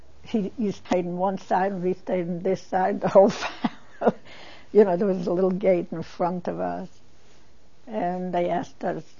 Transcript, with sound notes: he stayed in one side, and we stayed in this side, the whole family. (She laughs.) You know, there was a little gate in front of us. and they asked us,